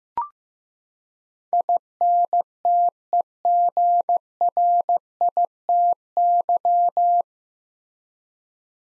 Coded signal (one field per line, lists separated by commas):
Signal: Morse code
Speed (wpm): 15 wpm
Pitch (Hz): 700 Hz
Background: none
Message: INTEGRITY